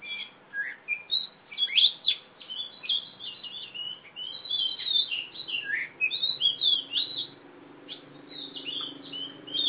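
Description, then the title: Oriental magpie-robin singing a varied string of sharp chirps and rising and falling whistles, with low background noise. Female competition bird from East Java, a national first-place champion; described as gacor (singing constantly), fighting type, black, poci. "Kacer Juara 1 Nasional gacor kacer juara nasional jawa timur kacer tarung betina poci gacor hitam"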